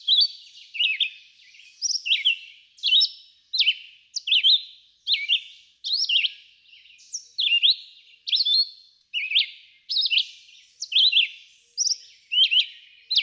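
Red-eyed vireo song: high, slurred phrases spaced just under a second apart.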